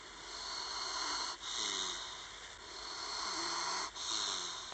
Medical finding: Dog snore.